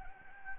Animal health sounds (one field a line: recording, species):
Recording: mosquito wingbeat signal from an infrared sensor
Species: Anopheles gambiae